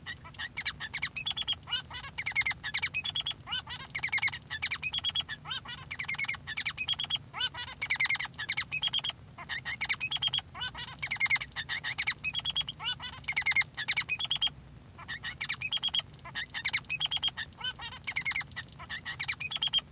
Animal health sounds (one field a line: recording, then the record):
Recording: song of a male Bengalese finch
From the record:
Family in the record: son of father 3